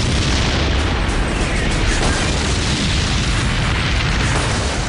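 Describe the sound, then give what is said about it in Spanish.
Heavy tank cannon fire and shell impacts in the Battle of the Bulge in the Ardennes, with tanks fired on at 800 metres and hit, blur into a continuous, loud, rumbling roar of booms and blasts that holds steady throughout, with no voices. “Yo le disparé al primer tanque y el sargento Hauser le disparó al último.”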